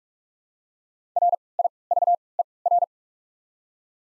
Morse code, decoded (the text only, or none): R I V E R